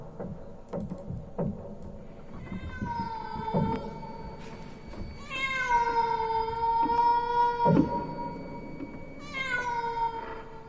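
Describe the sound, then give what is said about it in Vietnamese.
At midnight, a cat standing outside on a porch lets out three long, drawn-out meows, each one wavering and bending in pitch with an eerie, wailing quality. Faint knocks and rustles sit underneath, and no one speaks. “khi không nửa đêm nửa hôm lại có tiếng mèo kêu.”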